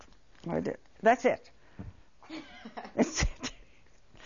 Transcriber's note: they laugh